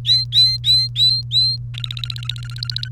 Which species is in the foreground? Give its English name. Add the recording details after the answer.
Domestic Canary. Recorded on 30 April 2018 at 16:52. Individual llb3